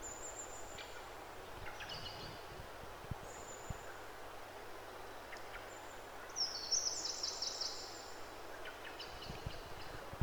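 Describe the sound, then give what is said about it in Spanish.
Birds in a forest chirp and call in short, high-pitched bursts over a steady hiss of rustling background noise, with a brighter, busier burst of song midway through. “Si preguntas a la gente sobre sus sonidos favoritos o los sonidos que más les gustan o les relajan, muchos te contestarán que les gusta escuchar la naturaleza, los pájaros en el bosque.”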